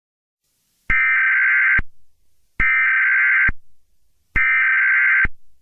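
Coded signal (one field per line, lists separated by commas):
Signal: Emergency Alert System (SAME) tones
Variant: header bursts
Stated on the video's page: Fictional EAS scenario.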